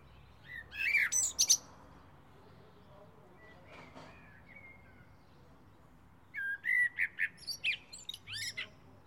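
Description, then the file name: Common blackbird song, a short phrase of mellow whistles with shrill twitters, then after a pause a longer phrase of fluty notes and chirps. "Turdus merula"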